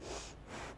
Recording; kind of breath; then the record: one breath in and out by a microphone near the nose and mouth; strong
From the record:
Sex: female